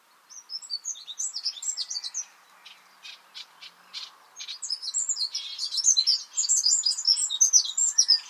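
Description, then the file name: Eurasian wren song: a stream of quick, high twittering notes and dry ticks that builds into a dense, loud rattling trill during its second half. "Troglodytes troglodytes"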